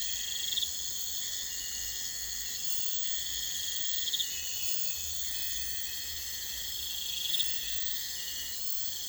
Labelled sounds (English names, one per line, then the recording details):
none
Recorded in pastures near Puerto Asís, Putumayo, Colombia, on 21 December 2024 at 03:00
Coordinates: 0.472, -76.329
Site G072